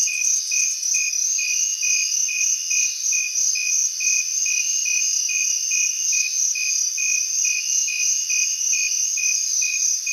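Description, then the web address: Cricket chirping in a fast regular train of short pulses, with a persistent high-pitched insect hum behind it. Recorded in a city on 8 September 2023; several crickets. "smallsounds 20230908 crickets City Crickets"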